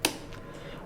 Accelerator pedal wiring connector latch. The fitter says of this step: कि इस कनेक्टर के ऊपर इस तरफ को एक क्लिप है जो कि आपको इस प्रकार से दबानी है। क्लिक